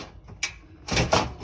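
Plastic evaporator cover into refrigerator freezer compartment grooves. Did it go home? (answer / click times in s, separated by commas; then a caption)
yes / 0.4 s. A plastic evaporator cover is fitted back into the grooves at the back of a Kenmore side-by-side refrigerator's freezer compartment and pushed until it pops into place with a sharp click at 0.4 s, after a faint tick at 0.3 s. Louder broadband handling noise follows from about 0.9 to 1.3 s. The cover is seated.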